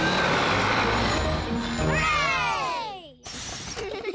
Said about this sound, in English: The bus has arrived at the foot of the mountains. The mountain road is very steep. Come on, bus! You can make it! Come on, bus!